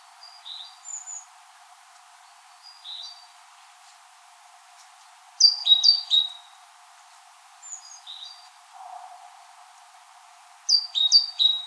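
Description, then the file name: Great tit calling with groups of high, sharp, descending notes, louder bursts near six and eleven seconds and fainter paired notes between them. "Parus major"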